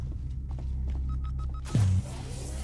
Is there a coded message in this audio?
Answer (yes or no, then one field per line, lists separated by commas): no